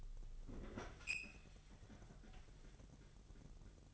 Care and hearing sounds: daily activity, microphone in the room; open fridge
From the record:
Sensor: 4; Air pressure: 989.2 hPa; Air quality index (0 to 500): 223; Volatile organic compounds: 81 ppm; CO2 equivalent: 3616 ppm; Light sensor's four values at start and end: 26/92/34/36 and 26/90/33/35

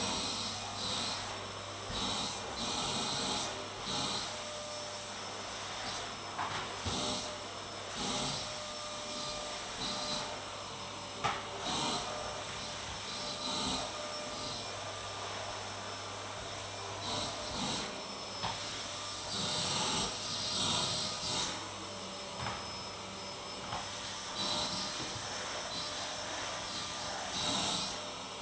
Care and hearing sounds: daily activity, microphone in the room; vacuum cleaning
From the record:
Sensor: 3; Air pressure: 1009.5 hPa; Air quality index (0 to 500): 196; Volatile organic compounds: 16 ppm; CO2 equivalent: 2548 ppm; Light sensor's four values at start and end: 35/88/38/40 and 36/88/38/40

